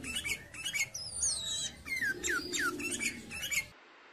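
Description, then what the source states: Sooty-headed bulbul song: a lively series of fluty, swooping whistles and slurred notes, several descending, delivered rapidly for nearly four seconds before abruptly stopping. Recording intended for training songbirds to learn this song (masteran).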